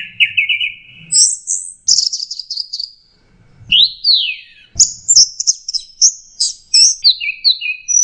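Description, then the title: Bird song of rapid chirping phrases, a low trill jumping to high whistles, a short pause, then a lively run of high sweet notes and trills. "SuaraBurung Kicau4"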